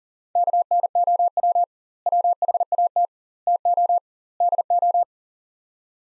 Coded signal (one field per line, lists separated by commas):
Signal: Morse code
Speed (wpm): 40 wpm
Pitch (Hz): 700 Hz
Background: none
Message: KNOW WHAT TO DO